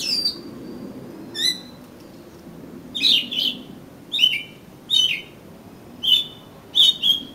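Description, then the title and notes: Oriental magpie-robin song: a thin high whistle, then falling whistled notes, some in pairs, repeated at intervals. "suara kacer. kumpulan suara burung kacer"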